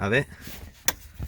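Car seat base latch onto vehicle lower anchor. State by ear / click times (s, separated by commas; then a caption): seated / 0.9 s. Someone talks briefly as the latch connector on the other side of a Nuna car seat base is pushed onto its lower anchor bar in a Model 3. A single sharp click sounds at 0.9 s, and the second latch is seated on its anchor, with green meaning good.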